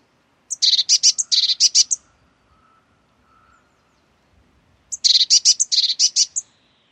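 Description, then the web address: Eurasian blue tit calls in two rapid, buzzy churring bursts about four seconds apart, each lasting over a second, with quiet in between. "cianscape birddata Deverinetal 2025 File origin Bird Only Cy Ca"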